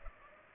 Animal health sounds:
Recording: mosquito wingbeat signal from an infrared sensor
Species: Culex pipiens

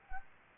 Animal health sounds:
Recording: mosquito wingbeat signal from an infrared sensor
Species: Anopheles gambiae

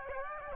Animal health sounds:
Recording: mosquito wingbeat signal from an infrared sensor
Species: Aedes aegypti

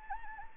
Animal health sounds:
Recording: mosquito wingbeat signal from an infrared sensor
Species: Anopheles gambiae

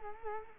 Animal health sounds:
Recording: mosquito wingbeat signal from an infrared sensor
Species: Culex quinquefasciatus

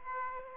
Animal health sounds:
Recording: mosquito wingbeat signal from an infrared sensor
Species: Aedes aegypti

